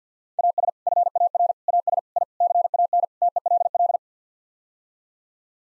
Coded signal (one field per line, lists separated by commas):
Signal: Morse code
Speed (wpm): 49 wpm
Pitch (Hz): 700 Hz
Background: none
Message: AS FAR AS I CAN TELL